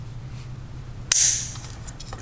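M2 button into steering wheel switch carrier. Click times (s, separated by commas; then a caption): 1.1 s. An M2 button is lined up and pushed into the steering wheel switch carrier of a BMW F80 M3. A sharp, bright click at 1.1 seconds shows it has seated, over a low steady hum. No words are spoken in the clip.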